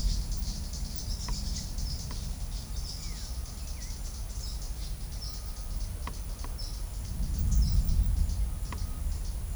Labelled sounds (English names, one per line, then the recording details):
Turquoise-winged Parrotlet
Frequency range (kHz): Turquoise-winged Parrotlet 3.4-9.3 kHz
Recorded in shrubland near Pivijay, Magdalena, Colombia, on 1 June 2023 at 13:30
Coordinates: 10.453, -74.365
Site P5-G022